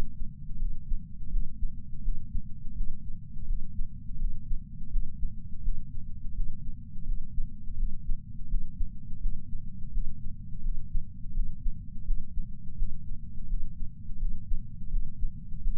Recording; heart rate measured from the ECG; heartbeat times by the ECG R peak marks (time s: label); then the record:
heart sounds by patch sensor on the chest; 84 bpm
0.58 s: heartbeat
1.29 s: heartbeat
2.02 s: heartbeat
2.74 s: heartbeat
3.45 s: heartbeat
4.17 s: heartbeat
4.89 s: heartbeat
5.62 s: heartbeat
6.33 s: heartbeat
7.04 s: heartbeat
7.75 s: heartbeat
8.47 s: heartbeat
9.19 s: heartbeat
9.91 s: heartbeat
10.61 s: heartbeat
11.32 s: heartbeat
12.04 s: heartbeat
12.76 s: heartbeat
13.47 s: heartbeat
14.18 s: heartbeat
14.89 s: heartbeat
15.60 s: heartbeat
From the record:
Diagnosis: coronary artery disease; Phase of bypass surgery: postoperative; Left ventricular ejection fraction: 62.1%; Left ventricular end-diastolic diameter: 45 mm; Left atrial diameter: 35 mm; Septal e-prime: 9.8 cm/s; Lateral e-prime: 10.5 cm/s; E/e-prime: 7.1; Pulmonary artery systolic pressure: 25 mmHg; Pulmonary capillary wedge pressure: 8 mmHg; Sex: male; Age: 58 years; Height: 172 cm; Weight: 75 kg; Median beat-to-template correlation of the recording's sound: 0.93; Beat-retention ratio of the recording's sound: 0.99